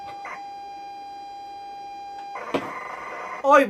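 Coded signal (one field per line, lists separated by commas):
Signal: ZX Spectrum tape loading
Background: speech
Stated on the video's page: ZX Spectrum tape loading sequences from various games, including inventive and odd loading methods.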